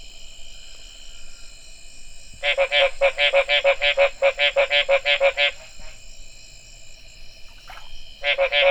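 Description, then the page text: Mexican treefrog calling in a long run of short, harsh, nasal notes, then a brief pause and a fresh burst; steady high hum behind. "Smilisca baudinii"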